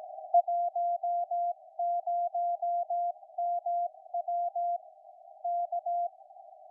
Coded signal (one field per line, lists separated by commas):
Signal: Morse code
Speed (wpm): 18 wpm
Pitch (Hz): 700 Hz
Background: none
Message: 10MW K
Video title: IK1HGI beacon hrd on 40m 7039.2